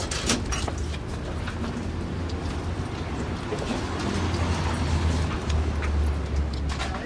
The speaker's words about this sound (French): Et ces bruits, bon, ces bruits, c'est ceux de la ville. C'est-à-dire, c'est l'avion, ce sont les voitures, ce sont les cris, c'est les bruits de verre, de cuillères sur les soucoupes, dans les cafés, les interpellations, les choses comme ça.